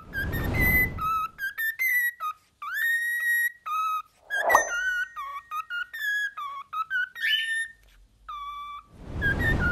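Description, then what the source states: Cockatiel whistling a run of clear, sliding notes, some held and some short, with bursts of rustling noise at the start and end. More than one cockatiel, whistling song.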